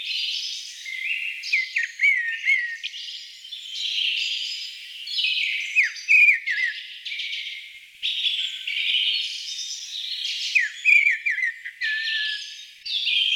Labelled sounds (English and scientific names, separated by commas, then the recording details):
Mistle Thrush (Turdus viscivorus) song
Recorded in the wild
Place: Freiburg im Breisgau / Im Vogelsang, Baden-Württemberg, DE
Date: 1988-04-03
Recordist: Schwarz, Dieter
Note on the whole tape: Song